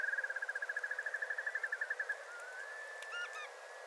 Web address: sound Bar-tailed-Godwit. صدای-گیلانشاه-حنایی